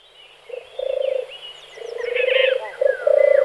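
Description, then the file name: European turtle dove, several low rolling purrs in quick succession, with other birds whistling and twittering higher above. "hrdlička-divoká"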